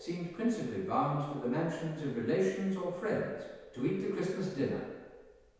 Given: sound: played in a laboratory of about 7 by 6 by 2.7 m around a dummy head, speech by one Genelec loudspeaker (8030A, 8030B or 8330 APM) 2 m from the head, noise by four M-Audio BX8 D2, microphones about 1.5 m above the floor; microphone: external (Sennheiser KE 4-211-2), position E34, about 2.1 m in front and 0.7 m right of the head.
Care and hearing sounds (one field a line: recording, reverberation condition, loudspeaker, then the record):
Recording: male speech in English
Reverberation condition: high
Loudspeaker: 90 degrees to the left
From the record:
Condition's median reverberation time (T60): about 1300 ms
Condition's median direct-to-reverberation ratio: about -4.0 dB